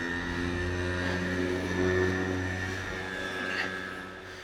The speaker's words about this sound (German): Dass Motorroller so laut sein müssen, ne? Verstehe ich nicht.